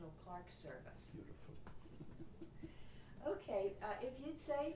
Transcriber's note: chuckles